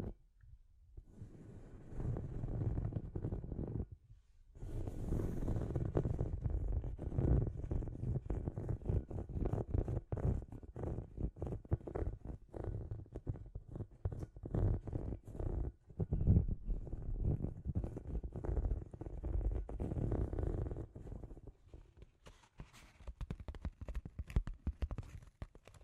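Scratchy tapping in dense, irregular bursts with a low rumbling body, pausing briefly near four seconds and thinning out after twenty-one seconds.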